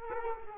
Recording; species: mosquito wingbeat signal from an infrared sensor; Culex quinquefasciatus